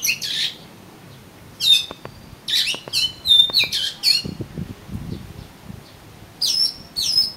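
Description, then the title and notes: Oriental magpie-robin song of harsh, rasping notes and whistled slurs in irregular bursts, with soft low knocking sounds midway. "suara kacer. kumpulan suara burung kacer"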